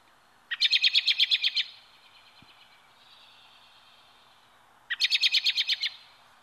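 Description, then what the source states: American Robin chirr: two quick bursts of rapid, sharp, high chattering notes, each about a second long, separated by roughly three seconds of quiet. Chirr described as a warning call, given when something alarming is happening nearby.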